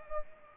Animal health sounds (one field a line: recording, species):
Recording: mosquito wingbeat signal from an infrared sensor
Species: Aedes aegypti